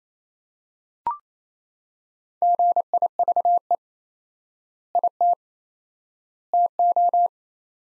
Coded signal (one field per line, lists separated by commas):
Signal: Morse code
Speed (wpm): 28 wpm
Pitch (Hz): 700 Hz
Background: none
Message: GIVE IT TO